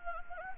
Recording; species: mosquito wingbeat signal from an infrared sensor; Anopheles gambiae